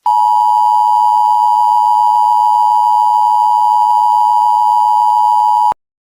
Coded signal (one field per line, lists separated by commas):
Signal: Emergency Alert System (SAME) tones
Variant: 853 and 960 Hz attention tone